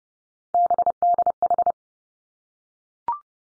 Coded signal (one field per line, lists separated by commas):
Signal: Morse code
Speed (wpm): 30 wpm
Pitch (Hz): 700 Hz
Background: none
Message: BDH